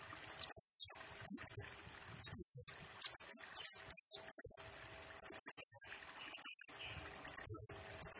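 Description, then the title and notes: Blue-crowned hanging parrot song, loud shrill trills and quick high chirps in uneven phrases. Lure and master-tutor song for training birds; bird described as gacor (in full, chatty song), singing in the nembak (rapid, shooting) style. "Burung Serindit Nembak Gacor Bikin Emosi Semua Burung. Suara Nasteran Dan Pemikat Burung Serinditan Gacor"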